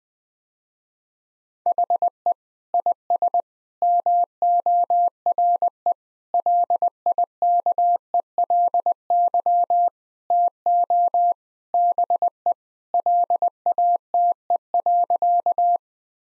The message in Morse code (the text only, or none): HE IS MORE LIKELY TO BE LATE.